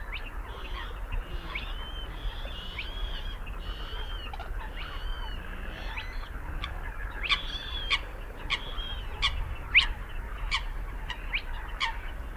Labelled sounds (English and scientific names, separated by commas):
Spotted Crake (Porzana porzana)